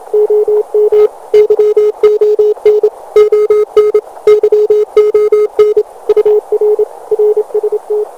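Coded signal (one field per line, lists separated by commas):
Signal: Morse code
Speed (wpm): 27 wpm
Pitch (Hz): 420 Hz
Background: radio noise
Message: OM YON ON YON UR RST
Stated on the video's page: QRP HF CW with a truSDX, testing the effect of water on the signal.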